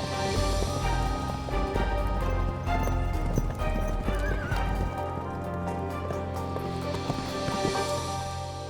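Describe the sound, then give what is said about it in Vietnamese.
A troop of mounted soldiers gallops out of the capital toward Khâu Phạ in a steady, rapid clip-clop of hooves, with a high whinny rising above the drumming rhythm partway through. The hoofbeats stay loud and continuous throughout. “Ngay lập tức, một tớp lính cưỡi ngựa rời khỏi kinh thành, nhằm hướng Khâu Phạ đi một mạch không ngừng nghỉ.”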